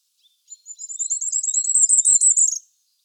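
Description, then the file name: Firecrest singing one thin, very high phrase, a quick run of notes that climbs steadily before ending in a short flourish. "ROITELET TRIPLE NORMAL MONO"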